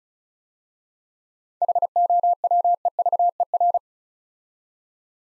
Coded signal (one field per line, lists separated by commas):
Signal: Morse code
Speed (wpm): 36 wpm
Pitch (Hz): 700 Hz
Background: none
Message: HOWEVER